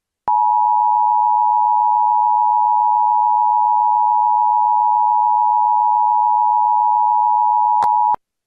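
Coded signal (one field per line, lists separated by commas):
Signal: Emergency Alert System (SAME) tones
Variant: 853 and 960 Hz attention tone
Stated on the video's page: Fictional EAS scenario; contains valid tones.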